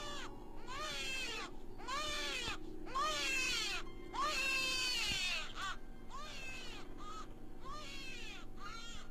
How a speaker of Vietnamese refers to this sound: Ngay lúc này thì tiếng đứa trẻ sơ sinh vang lên đến chói tai.